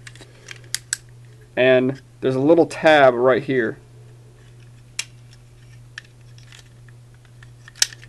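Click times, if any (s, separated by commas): 7.8 s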